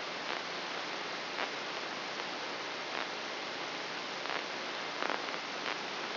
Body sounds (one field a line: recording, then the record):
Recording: brain microelectrode recording played as sound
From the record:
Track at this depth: inside the subthalamic nucleus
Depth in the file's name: 3.712 mm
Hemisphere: left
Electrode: 3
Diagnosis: Parkinson's disease